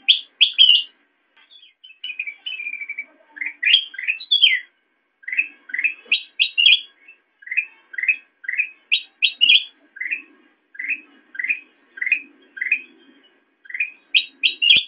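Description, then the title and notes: Sooty-headed bulbul giving many short chirps and slurred phrases in quick succession, some higher and sharper. Recording made for training songbirds by example (masteran). "suara burung kutilang buat masteran"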